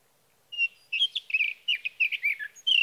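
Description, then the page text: Sage thrasher song beginning after a half-second of quiet, a rapid string of warbled whistles and chattering notes. Male singing through the night near his night roost, evening of June 12 to morning of June 15, 2018, Sierra Valley, California; Swift recorder. "61. Sage thrasher songs, through the night."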